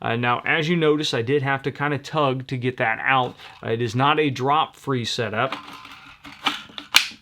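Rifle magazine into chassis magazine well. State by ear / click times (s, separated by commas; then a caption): seated / 7.0 s. A steel/polymer AICS-pattern magazine is inserted into the magazine well of a Kinetic Research Group Bravo rifle chassis while someone talks, noting it is not a drop-free setup. After the talk, a few short sharp sounds come at 6.5 and 6.8 seconds. The magazine clicks and locks in solidly at 7.0 seconds.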